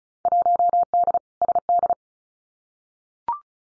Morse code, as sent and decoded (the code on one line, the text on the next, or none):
.---- -.. / ... -..
1D SD